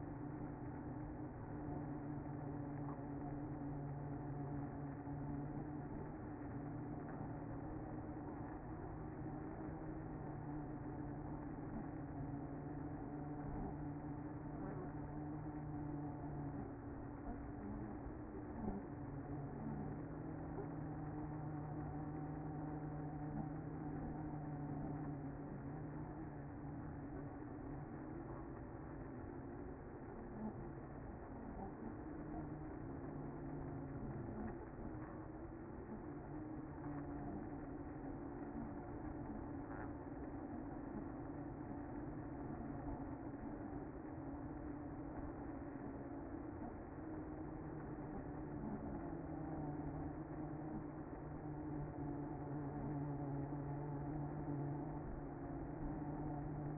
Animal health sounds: honeybee colony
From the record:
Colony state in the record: active

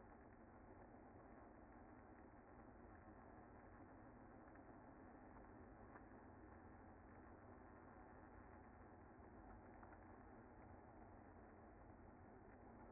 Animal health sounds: honeybee colony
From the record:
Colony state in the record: active

